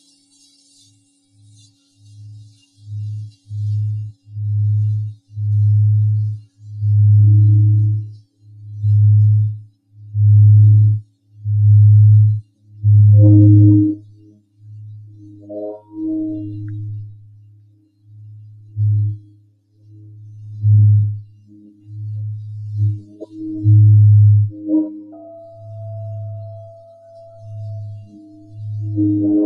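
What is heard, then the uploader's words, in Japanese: A singing bowl rings in slow, low repeated pulses, with a faint high shimmer at the start and a steady thin tone entering near the end. シンギングボウルでほっこりサウンドヒーリング。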